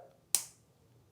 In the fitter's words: you heard that make sure you hear a snap then take this spine